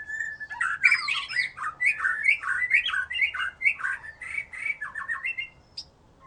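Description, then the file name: White-rumped shama pouring out a continuous, varied song of looping whistles, chatters and quick slurred notes for several seconds. "murai batu"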